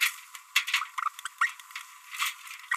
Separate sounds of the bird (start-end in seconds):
0.98-1.08, 1.25-1.27, 1.41-1.51, 2.71-2.76